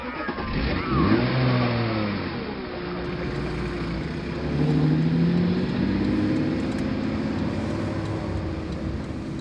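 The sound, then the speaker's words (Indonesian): A car engine revs up with a rising tone, eases briefly, then climbs again as the car pulls away after children get in, a steady loud motor hum continuing throughout with no voices. “Ayo cepat, kalian masuk mobil.”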